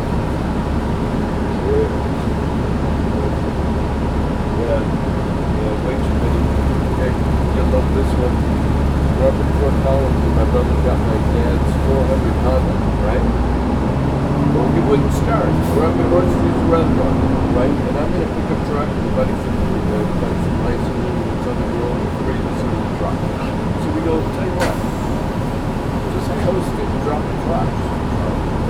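Steady ride inside a bus: a deep, constant engine drone with road rumble that shifts in pitch partway through as the vehicle changes speed, with faint indistinct murmurs underneath.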